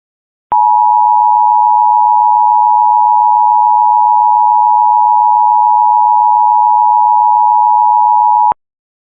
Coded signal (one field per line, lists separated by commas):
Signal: Emergency Alert System (SAME) tones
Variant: 853 and 960 Hz attention tone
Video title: All EAS Required Tests I played (EAS #13 - EAS #31)